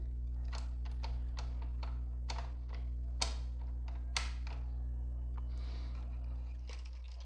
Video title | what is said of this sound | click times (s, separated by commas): 😩🛠"¿Tu impresora sigue sin imprimir? No la lleves al técnico, haz ESTO" | the base and when we press we will hear the click seeing that they no longer come out | 3.2 s, 4.2 s